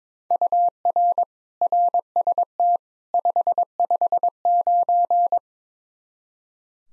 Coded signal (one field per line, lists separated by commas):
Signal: Morse code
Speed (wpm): 22 wpm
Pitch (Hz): 700 Hz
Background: none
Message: UR RST 559